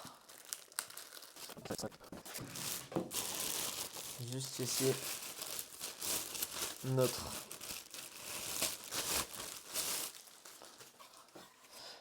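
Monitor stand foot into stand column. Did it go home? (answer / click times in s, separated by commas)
no / none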